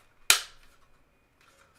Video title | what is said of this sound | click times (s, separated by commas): Gunpla Live Build - HG Neo Zeong Narrative | the click is a good sign click means it all clicked right in | 0.3 s